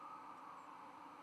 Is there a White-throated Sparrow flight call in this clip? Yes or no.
yes